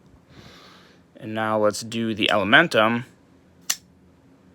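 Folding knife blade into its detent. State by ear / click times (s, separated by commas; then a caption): seated / 3.7 s. Someone talks as the D2 version of the CIVIVI Elementum folding knife is operated for comparison with the S35VN model. Its blade snaps into a weaker detent with a single sharp click at 3.7 s, and the action is a little slower.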